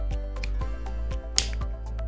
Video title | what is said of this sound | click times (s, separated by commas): Safety Glasses that turn into Regular Glasses - Q Series RX Safety | and then with your thumb simply press downwards until you hear a click | 1.4 s